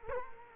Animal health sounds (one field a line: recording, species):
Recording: mosquito wingbeat signal from an infrared sensor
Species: Culex quinquefasciatus